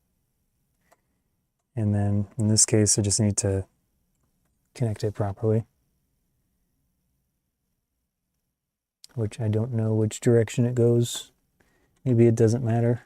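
A USB 3.2 header cable connector is being handled and lined up with a motherboard header while someone talks, unsure which way it goes. A brief sharp tick is heard at about 9.0 seconds. Nothing has seated or clicked yet.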